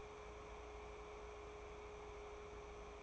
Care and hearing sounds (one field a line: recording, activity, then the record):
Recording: daily activity, microphone in the room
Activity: take from stove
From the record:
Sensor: 1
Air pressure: 1010.3 hPa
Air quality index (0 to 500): 171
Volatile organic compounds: 12 ppm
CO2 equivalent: 2353 ppm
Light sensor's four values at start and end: 54/139/58/73 and 54/139/58/73